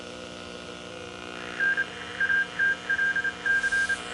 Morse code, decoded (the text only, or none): N ATLC